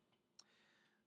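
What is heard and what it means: During a transformation, the plastic shoulder pieces of a transforming action figure are unhinged and pushed together. A short, sharp tick is heard at 0.4 seconds as they join, over a quiet background hiss. The shoulder pieces click together and seat.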